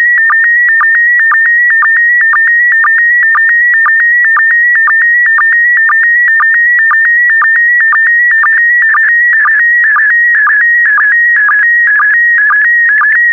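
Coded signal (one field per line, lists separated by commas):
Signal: SSTV (slow-scan television)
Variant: PD120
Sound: steady warbling whistle around 2 kHz broken by rhythmic low blips twice a second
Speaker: complete. You can now check your decoded image against the picture that is shown on the video.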